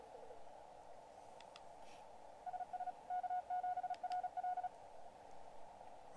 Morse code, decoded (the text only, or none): SS K7RL